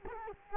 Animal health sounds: mosquito wingbeat signal from an infrared sensor; Culex quinquefasciatus

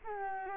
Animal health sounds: mosquito wingbeat signal from an infrared sensor; Aedes albopictus

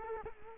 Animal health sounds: mosquito wingbeat signal from an infrared sensor; Culex quinquefasciatus

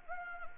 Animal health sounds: mosquito wingbeat signal from an infrared sensor; Anopheles gambiae

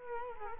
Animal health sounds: mosquito wingbeat signal from an infrared sensor; Culex quinquefasciatus

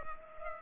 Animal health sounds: mosquito wingbeat signal from an infrared sensor; Culex pipiens

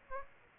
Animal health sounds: mosquito wingbeat signal from an infrared sensor; Aedes aegypti

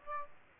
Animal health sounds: mosquito wingbeat signal from an infrared sensor; Aedes aegypti

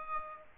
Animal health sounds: mosquito wingbeat signal from an infrared sensor; Aedes aegypti

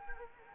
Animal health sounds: mosquito wingbeat signal from an infrared sensor; Anopheles arabiensis

